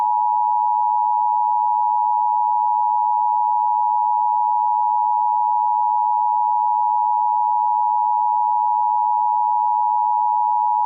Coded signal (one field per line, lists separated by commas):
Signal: Emergency Alert System (SAME) tones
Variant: 853 and 960 Hz attention tone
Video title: Clayranger503 Final EAS Test & Sign Off